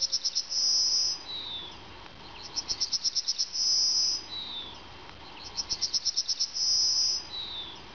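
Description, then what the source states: Yellowhammer song repeated three times, each a rapid series of high thin notes ending in a long high note, then a lower falling note. The sound is distorted, with steady background hiss. Yellowhammer song dialect BE, distorted; Czech Bird of the Year 2011.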